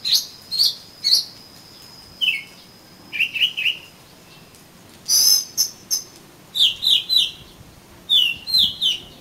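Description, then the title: Oriental magpie-robin song of rapid, bright whistled notes in clustered pairs and triplets, some sharp and high, over a faint steady background tone. "Kacer Kacer"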